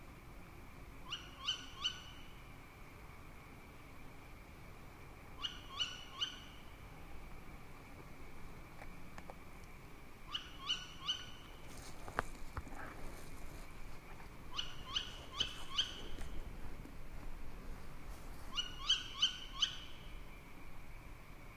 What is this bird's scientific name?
Strix aluco